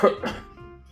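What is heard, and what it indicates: A single short, loose cough with two quick bursts interrupts an adult man's talking, then fades into quiet room sound. It is a lingering cough after COVID-19 infection.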